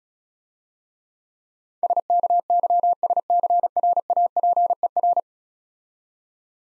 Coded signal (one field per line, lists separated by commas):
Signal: Morse code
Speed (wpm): 36 wpm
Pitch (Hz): 700 Hz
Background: none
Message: SKYSCRAPER